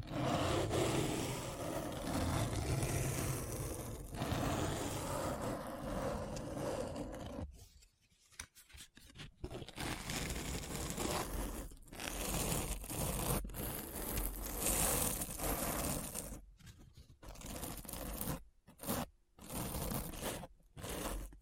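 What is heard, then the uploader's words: Deep Brain Scratch: dense, gritty scraping noise runs steadily for seven seconds, then breaks into choppy bursts with sudden silent gaps. ASMR Deep Brain Scratch (No Talking).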